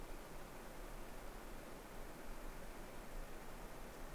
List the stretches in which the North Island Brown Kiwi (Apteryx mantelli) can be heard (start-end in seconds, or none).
none